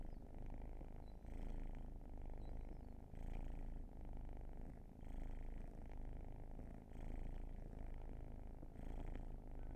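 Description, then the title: Cat purr pulsing clearly with its breathing, a louder surge roughly every two seconds between softer rumbling stretches. "Field Recs Purrathon RAW"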